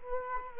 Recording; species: mosquito wingbeat signal from an infrared sensor; Culex quinquefasciatus